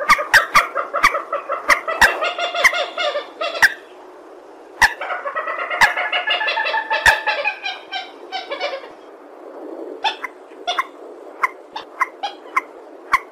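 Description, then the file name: Purple swamphen cackling loudly in two long bursts, then quieter with only scattered clicks and faint notes near the end. "tieng trich re keu"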